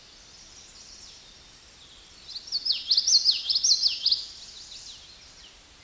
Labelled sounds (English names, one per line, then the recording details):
Common Yellowthroat song
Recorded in a Pennsylvania forest on 16 May 2024 at 09:56
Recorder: AudioMoth, point MSD-2061
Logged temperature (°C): 16.1 °C
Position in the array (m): 230 m, 181 m